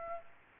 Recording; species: mosquito wingbeat signal from an infrared sensor; Aedes aegypti